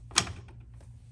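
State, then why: Seated. A combined plastic toilet seat, lid and cover assembly for an Axent One C Plus is tugged forward from the back so it locks onto the magnetic mounting brackets on the toilet. A sharp click sounds at 0.2 s, followed by a few faint, softer ticks. The assembly is seated and locked in place.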